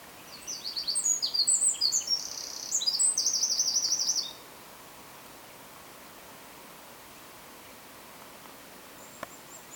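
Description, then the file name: Eurasian wren song, a burst of about four seconds of shrill twittering and a rapid high trill, then near silence with faint background hiss. "Troglodytes troglodytes"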